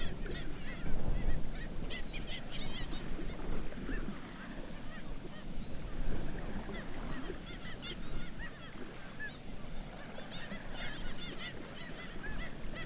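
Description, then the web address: Black-legged kittiwake colony noise: dense overlapping harsh, bending calls from many birds, with a continuous low roar underneath. "sound Black-legged-kittiwake. صدای-پرنده-کاکایی-پاسیاه"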